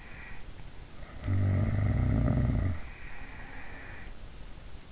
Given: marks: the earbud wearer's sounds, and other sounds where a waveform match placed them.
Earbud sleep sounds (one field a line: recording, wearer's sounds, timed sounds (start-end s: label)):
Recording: sounds in sleep by an in-ear microphone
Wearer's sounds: snoring breath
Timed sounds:
1.05-4.20 s: snoring breath